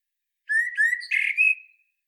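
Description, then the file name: Common blackbird: a single continuous, mellow whistled phrase of several linked notes, slightly rising and then fading, in a silent background. "Turdus merula"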